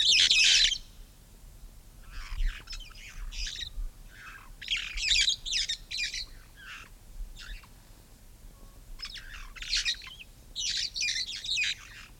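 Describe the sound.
Red-fronted parrot with one loud opening screech followed by rapid runs of rough, chattering squawks in uneven clusters.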